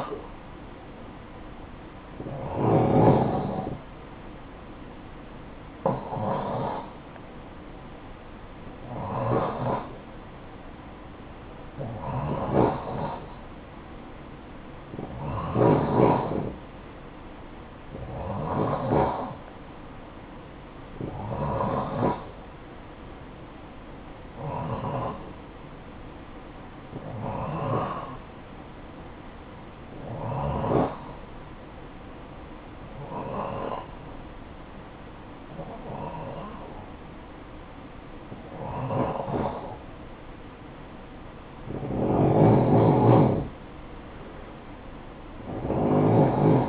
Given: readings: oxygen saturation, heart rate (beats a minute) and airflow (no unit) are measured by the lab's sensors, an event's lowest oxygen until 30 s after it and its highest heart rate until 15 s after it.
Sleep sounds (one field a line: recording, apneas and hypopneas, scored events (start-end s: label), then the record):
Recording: breathing in sleep by a voice recorder at the bedside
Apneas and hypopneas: none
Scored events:
33.00-46.69 s: new sleep stage, N3 (deep sleep)
From the record:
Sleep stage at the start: N2 (light sleep)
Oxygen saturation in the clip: 88 to 90%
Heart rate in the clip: 50 to 62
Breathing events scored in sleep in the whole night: 573 in 9.8 hours asleep